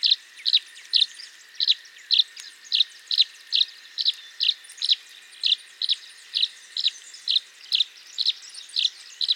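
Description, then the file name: Tree swallow repeating crisp, bright chirps at a regular pace of roughly two a second, with soft chatter underneath. "Tachycineta bicolor - Tree Swallow"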